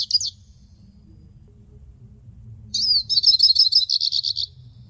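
Hooded siskin: a brief high chirp, then after a pause a quick, buzzy twittering run.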